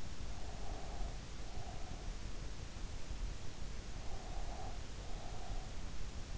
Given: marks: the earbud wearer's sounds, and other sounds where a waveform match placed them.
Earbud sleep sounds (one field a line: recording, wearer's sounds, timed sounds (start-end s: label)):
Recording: sounds in sleep by an in-ear microphone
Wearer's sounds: breath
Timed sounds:
0.36-2.22 s: breath
3.99-5.89 s: breath